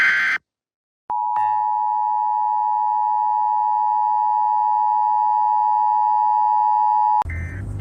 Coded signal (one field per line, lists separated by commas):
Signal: Emergency Alert System (SAME) tones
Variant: 853 and 960 Hz attention tone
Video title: Big run splatoon 3 eas scenario